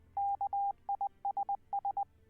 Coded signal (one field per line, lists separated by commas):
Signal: Morse code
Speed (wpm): 20 wpm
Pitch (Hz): 800 Hz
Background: none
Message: KISS